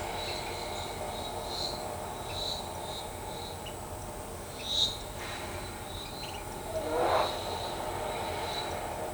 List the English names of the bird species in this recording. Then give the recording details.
Tropical Kingbird. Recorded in shrubland near Pivijay, Magdalena, Colombia, on 17 April 2023 at 14:00. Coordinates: 10.453, -74.365. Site P5-G022